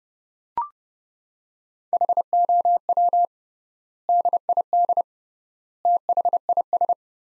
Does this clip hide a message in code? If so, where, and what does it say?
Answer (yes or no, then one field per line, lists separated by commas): yes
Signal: Morse code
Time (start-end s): 1.9-6.9 s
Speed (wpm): 32 wpm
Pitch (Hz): 700 Hz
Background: none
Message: HOW DID THIS